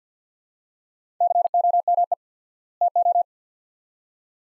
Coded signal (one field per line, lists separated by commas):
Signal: Morse code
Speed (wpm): 50 wpm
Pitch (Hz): 700 Hz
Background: none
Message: COME TO